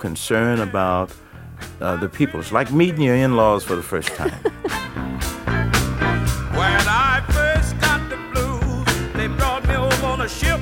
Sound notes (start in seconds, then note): 4.0 laughter; 4.4 singing